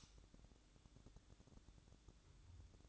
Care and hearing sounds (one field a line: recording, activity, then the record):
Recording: daily activity, microphone in the room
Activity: light on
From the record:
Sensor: 3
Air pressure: 1007.9 hPa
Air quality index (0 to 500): 82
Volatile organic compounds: 1 ppm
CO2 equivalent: 701 ppm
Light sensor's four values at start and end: 12/28/12/12 and 18/47/19/18